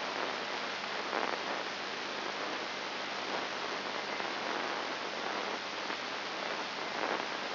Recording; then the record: brain microelectrode recording played as sound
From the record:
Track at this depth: inside the subthalamic nucleus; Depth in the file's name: 2.304 mm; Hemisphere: left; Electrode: 2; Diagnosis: Parkinson's disease